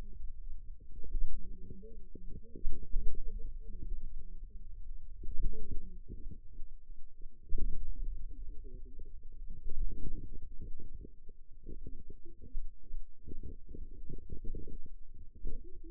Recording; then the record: forearm muscle sounds (acoustic myography)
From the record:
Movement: pen grasping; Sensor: system 2, bracelet of six BSWA MPA416 microphones around the upper forearm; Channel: 5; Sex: female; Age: 21 years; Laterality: right